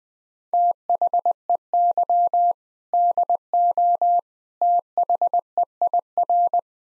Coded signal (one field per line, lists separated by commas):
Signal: Morse code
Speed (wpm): 20 wpm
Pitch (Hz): 700 Hz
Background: none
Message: THEY DO THEIR